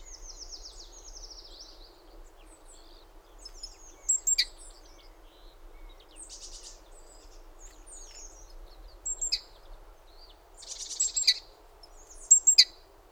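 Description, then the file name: Great tit calls: sharp, high clicking notes in short bursts scattered throughout, among other thin whistles and chirps over a low background hum. "Parus major"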